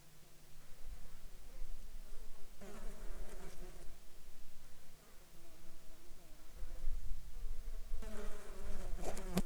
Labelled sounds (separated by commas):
insects